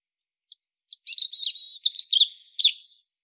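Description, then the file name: European robin song phrase: two soft lead-in notes, then a rapid, high, warbling run of trills and thin wavering whistles that fades away. "Erithacus rubecula"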